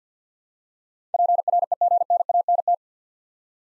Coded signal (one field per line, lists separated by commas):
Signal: Morse code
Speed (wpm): 50 wpm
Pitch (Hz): 700 Hz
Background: none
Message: PREGNANT